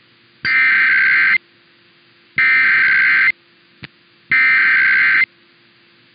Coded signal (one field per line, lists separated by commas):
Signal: Emergency Alert System (SAME) tones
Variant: header bursts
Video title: EAS #56-61 - Utah Monthly and IPAWS Weekly Tests (1/8/24)